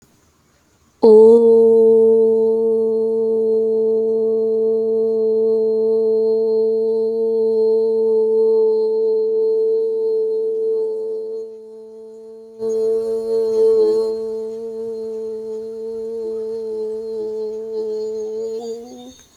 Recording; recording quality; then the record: sustained vowel as in boot; excellent, no background noise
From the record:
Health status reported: healthy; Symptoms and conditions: none ticked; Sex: female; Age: 30 years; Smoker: not ticked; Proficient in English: yes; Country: India